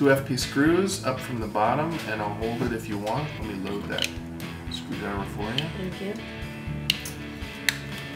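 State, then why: Seated. Someone talks over background music while pressing plastic parts of a DeLorean scale model car's center console into their mounts. Two sharp clicks sound at 6.9 and 7.7 seconds as the parts snap into place and seat.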